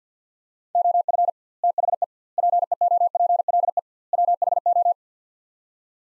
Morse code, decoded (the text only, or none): OF THE PEOPLE WHO